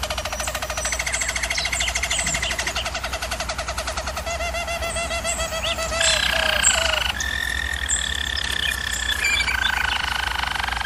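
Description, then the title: German Roller canary singing continuous rolling trills, shifting to higher tours around six and seven seconds, with a steady low hum underneath. German Roller canary singing, for canary song training. "German Roller Canary Singing - Canary Training Vid"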